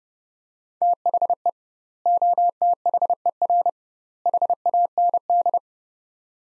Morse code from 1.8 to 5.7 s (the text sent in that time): OTHER HAND